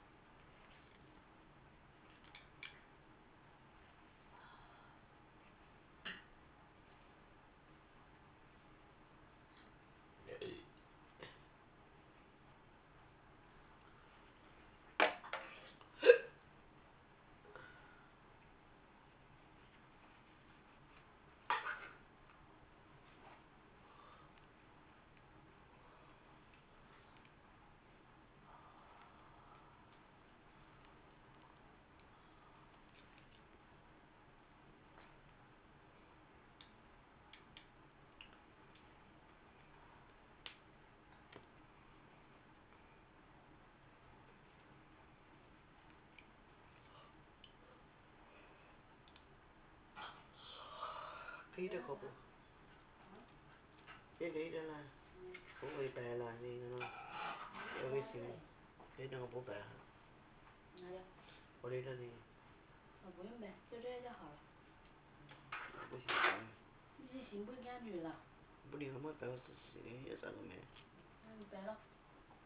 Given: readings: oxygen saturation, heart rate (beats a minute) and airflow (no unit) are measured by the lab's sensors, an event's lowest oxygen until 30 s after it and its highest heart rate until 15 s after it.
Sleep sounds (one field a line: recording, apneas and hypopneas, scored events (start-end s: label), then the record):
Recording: a person awake in a sleep study, by a voice recorder at the bedside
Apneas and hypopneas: none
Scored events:
0.00-72.46 s: awake
0.00-72.46 s: awake
From the record:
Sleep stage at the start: awake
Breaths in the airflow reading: 23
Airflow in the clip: -0.7 to 0.7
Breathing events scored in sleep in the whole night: 328 in 6.3 hours asleep